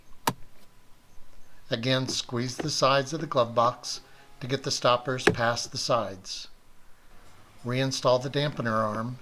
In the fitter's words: push the filter in until it snaps into position